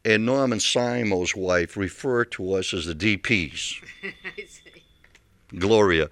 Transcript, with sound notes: and Norman Simo's wife refer to us as the D.P.'s.
(she laughs) I see.
Gloria.